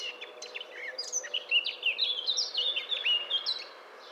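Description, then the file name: Eurasian blackcap singing a rapid, varied warble of bright whistled and chattering notes that runs almost without pause for four seconds. "Sylvia atricapilla"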